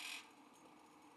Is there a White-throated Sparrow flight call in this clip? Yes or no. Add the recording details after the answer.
no. No flight call is heard. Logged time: 07:14 on 5 December 2014